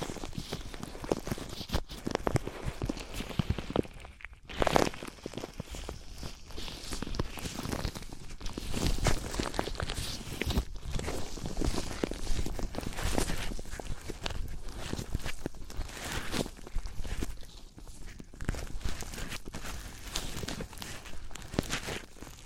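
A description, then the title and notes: Objects made of different materials, such as wood, cork, sponge, foam, glass and plastic, are handled and struck. Dense, irregular taps, scrapes and rustles run almost without pause, bright and full, with a brief lull near four seconds followed by a sharper knock. ASMR Which One is MORE Tingly Wood vs Cork, Sponge vs Foam, Glass vs Plastic etc (No Talking).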